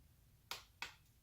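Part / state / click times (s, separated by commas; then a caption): lamp head tilt hinge on headlamp mount / seated / 0.5 s, 0.8 s. The plastic lamp head of an Explortek Nite-Blazer LED headlamp is tilted to a new angle on the hinge of its mount, giving two sharp, bright clicks at 0.5 s and 0.8 s over a quiet background. The tilt detent snaps into place and holds the lamp head at its new angle.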